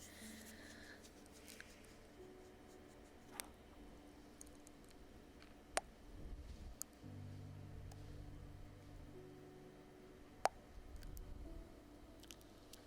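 Slow ear licks and kisses: soft wet smacks and clicks at scattered moments over a low steady hum, with a slight rise midway.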